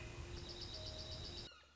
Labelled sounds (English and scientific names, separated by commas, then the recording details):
Red-shouldered Hawk (Buteo lineatus)
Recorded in Sonoma County, California